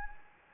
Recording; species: mosquito wingbeat signal from an infrared sensor; Anopheles gambiae